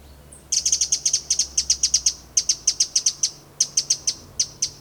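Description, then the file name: Eurasian wren calling in a fast, steady series of hard, high ticks, broken by brief pauses, over a faint low hum. "Troglodytes troglodytes"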